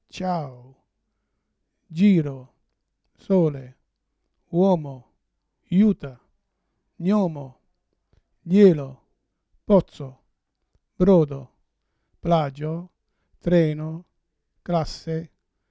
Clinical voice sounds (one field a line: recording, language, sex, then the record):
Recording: read list of words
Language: Italian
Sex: male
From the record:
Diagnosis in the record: Parkinson's disease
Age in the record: 71 years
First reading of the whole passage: 62 s, 8.3 characters per second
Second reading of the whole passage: 53 s, 9.9 characters per second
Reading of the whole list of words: 66 s, 4.2 characters per second